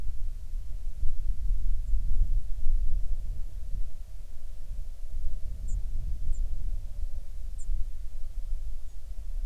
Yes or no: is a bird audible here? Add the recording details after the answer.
yes. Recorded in the Prudhoe Bay oil fields, Alaska, on 7 August 2019 at 05:23. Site 13